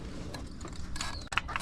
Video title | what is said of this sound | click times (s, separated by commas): CUSTOMERS Credit Card DECLINED!! | Listen for the click. All right. | 1.4 s